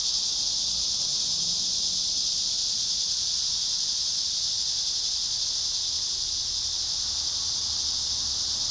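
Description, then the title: Cicada chorus forming a continuous high, shimmering drone. Cicadas at Trinity. "neoscenes: cicadas at Trinity"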